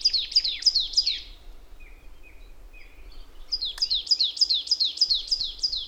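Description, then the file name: Marsh tit giving a quick string of sharp, high, descending chip notes, a pause with a few soft low whistles, then another rapid chipping run. "Poecile palustris"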